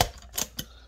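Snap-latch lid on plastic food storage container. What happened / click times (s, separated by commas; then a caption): Plastic lid latches snapped shut / 0.0 s, 0.4 s, 0.6 s. A plastic snap-latch lid is clicked onto an airtight plastic food storage container, with sharp latch clicks at 0.0, 0.4 and 0.6 seconds over a quiet background. The lid latches click shut and the lid is seated.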